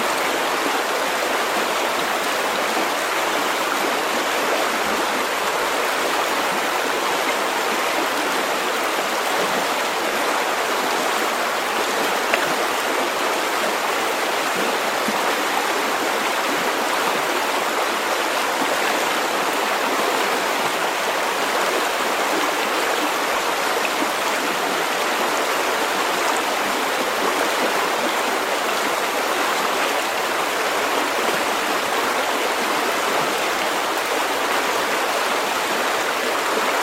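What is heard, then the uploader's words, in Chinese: A small river flows steadily, a dense, unbroken rush of water that holds the same level from start to finish. The sound is bright and hissy, with fine splashing texture and very little low rumble. 大自然的声音-小河流水声。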